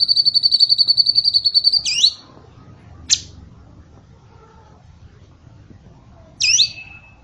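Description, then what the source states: Bird song: a fast, steady trill of high pure notes for about two seconds, followed by a sharp click and two short calls. Training recording used for teaching songbirds.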